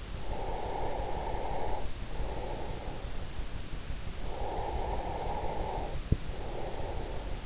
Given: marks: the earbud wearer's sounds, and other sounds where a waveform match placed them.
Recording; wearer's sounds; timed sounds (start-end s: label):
sounds in sleep by an in-ear microphone; breath
0.00-3.60 s: breath
4.12-7.37 s: breath